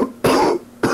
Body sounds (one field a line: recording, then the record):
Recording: coughing mixed with background sound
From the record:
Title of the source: Coughing 77